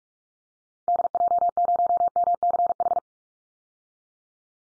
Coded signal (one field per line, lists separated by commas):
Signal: Morse code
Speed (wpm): 44 wpm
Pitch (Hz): 700 Hz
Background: none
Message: DJ0MCH